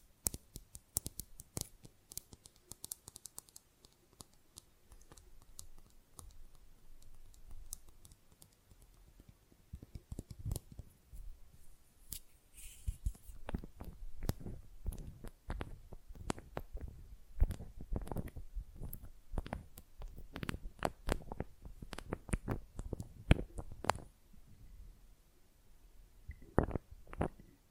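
Nail filing and tapping, made up of dense, rapid scratchy strokes and sharp clicks that come in quick bursts throughout. The first few seconds are busiest with fine bright scraping, while later sections bring heavier, irregular knocks with short gaps between them.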